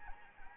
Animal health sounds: mosquito wingbeat signal from an infrared sensor; Anopheles arabiensis

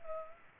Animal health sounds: mosquito wingbeat signal from an infrared sensor; Culex pipiens

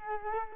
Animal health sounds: mosquito wingbeat signal from an infrared sensor; Culex quinquefasciatus

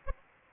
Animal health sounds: mosquito wingbeat signal from an infrared sensor; Anopheles arabiensis

